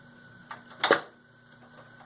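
A graphics card, lined up by its notches, is pushed into a motherboard PCIe slot over a steady low background hum, with a soft tap at 0.5 s. Sharp clicks from the slot latch follow at 0.8 s and 0.9 s as the card seats fully.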